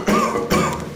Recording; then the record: coughing mixed with background sound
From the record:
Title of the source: Wet Throat Infection Cough